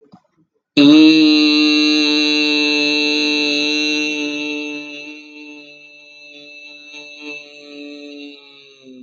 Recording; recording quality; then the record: sustained vowel as in beet; excellent, no background noise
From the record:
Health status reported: healthy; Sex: male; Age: 47 years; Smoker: no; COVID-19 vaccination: both doses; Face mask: not worn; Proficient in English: yes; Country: India